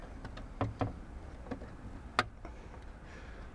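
The plastic socket holding an H7 bulb is set into the headlamp housing of an Opel / Vauxhall / Chevrolet Meriva A, felt into its notch and turned clockwise. Several light taps and scrapes come as it is fitted, around 0.6, 0.8 and 1.5 seconds. A sharp, bright click at 2.2 seconds marks the socket locking into place, confirming it has seated.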